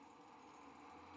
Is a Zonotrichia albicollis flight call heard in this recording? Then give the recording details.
no. No flight call is heard. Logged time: 03:35 on 5 December 2014